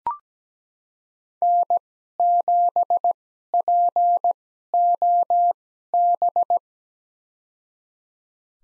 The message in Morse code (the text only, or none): N7POB